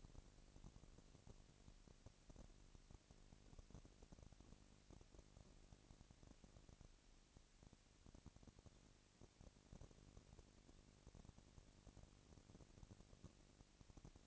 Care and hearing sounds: daily activity, microphone in the room; no activity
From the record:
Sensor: 4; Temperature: 22.4 degrees Celsius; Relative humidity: 31.9%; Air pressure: 997.9 hPa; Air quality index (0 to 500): 203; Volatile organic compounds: 17 ppm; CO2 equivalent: 2570 ppm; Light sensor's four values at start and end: 2/3/1/1 and 2/3/1/1

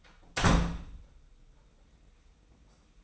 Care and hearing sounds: daily activity, microphone in the room; close door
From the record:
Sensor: 1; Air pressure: 990.4 hPa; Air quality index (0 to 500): 154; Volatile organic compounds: 1000 ppm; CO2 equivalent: 5578 ppm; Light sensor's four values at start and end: 33/75/33/35 and 33/76/33/35

